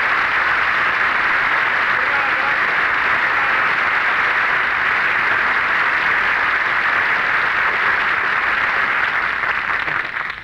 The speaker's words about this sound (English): You know, Jack, this is a funny place. You say, well, if it isn't Douglas Fairbanks, Jr., and everybody in the restaurant applauds.